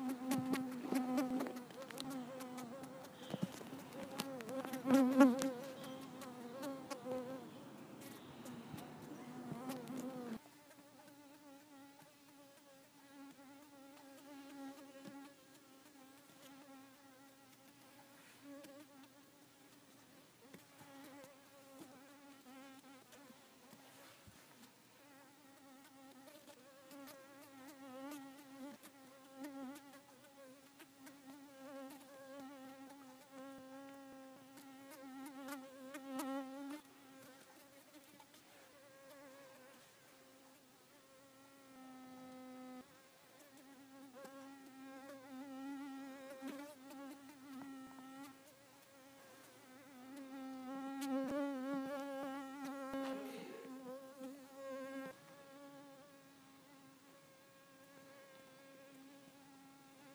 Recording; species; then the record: mosquito flight sound by mobile phone; Culiseta incidens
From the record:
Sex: female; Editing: snipped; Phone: iPhone 4S